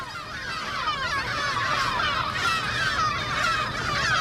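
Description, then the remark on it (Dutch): A dense chorus of herring gulls at a vacant industrial site on the Maasvlakte, where gulls are being fitted with transmitters, calling over one another without pause, harsh, mid-pitched squawks and wails layered into a steady, loud clamour with no voices. “op een braakliggend industrieterrein op de Maasvlakte, waar zilvermeeuwen van zendertjes worden voorzien”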